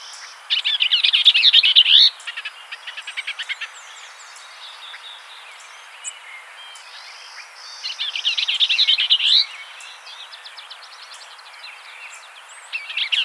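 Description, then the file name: Bell's vireo song: two fast, jumbled chattering phrases about seven seconds apart, each roughly one and a half seconds long, with fainter scattered bird notes between them. "Vireo bellii - Bell's Vireo"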